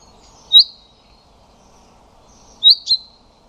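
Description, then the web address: Common chaffinch calls: a sharp high 'pink' note, then after two seconds a quick double 'pink-pink', with quiet background. "Deverinetal 2025"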